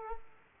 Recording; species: mosquito wingbeat signal from an infrared sensor; Aedes aegypti